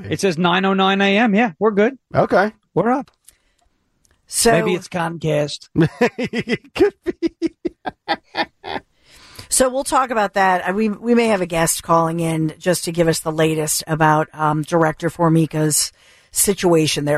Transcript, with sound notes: It says 909 AM, yeah, we're good.
Okay.
We're up.
So--
Maybe it's concussed. (laughing)
So we'll talk about that. We may have a guest calling in just to give us the latest about Director Formica's situation there.